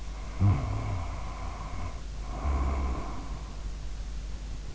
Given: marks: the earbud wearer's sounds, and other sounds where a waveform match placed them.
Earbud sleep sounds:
sounds in sleep by an in-ear microphone; snoring breath
0.00-3.68 s: snoring breath

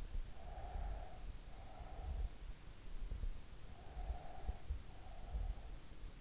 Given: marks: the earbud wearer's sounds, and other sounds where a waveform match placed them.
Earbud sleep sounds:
sounds in sleep by an in-ear microphone; breath
0.19-2.32 s: breath
3.57-5.50 s: breath

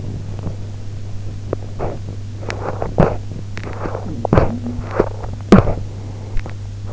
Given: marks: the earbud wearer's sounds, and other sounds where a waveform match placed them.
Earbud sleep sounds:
sounds in sleep by an in-ear microphone; teeth grinding
0.00-0.82 s: sound from someone else or the room
1.19-6.68 s: teeth grinding
5.88-6.93 s: sound from someone else or the room

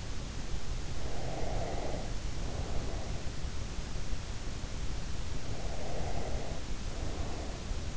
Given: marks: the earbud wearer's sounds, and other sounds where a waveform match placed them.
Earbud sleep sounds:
sounds in sleep by an in-ear microphone; breath
1.12-3.31 s: breath
5.51-7.96 s: breath

